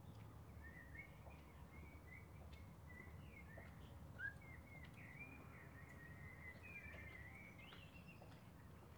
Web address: SETE Turdus merula